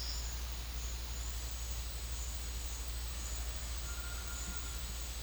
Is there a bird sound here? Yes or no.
yes